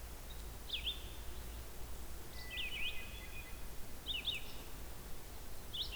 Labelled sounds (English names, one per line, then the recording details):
Red-eyed Vireo song
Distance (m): 60 m
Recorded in boreal forest in Alberta, Canada, on 16 June 2016 at 07:03
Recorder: SongMeter 3, array SBT-3-32
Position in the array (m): 43 m, 22 m